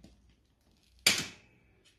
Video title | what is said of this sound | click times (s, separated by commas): Fixing the Mattress to the frame (Aylesbury, Edinburgh, Devonshire) | lift it up slightly so you hear the click | 1.1 s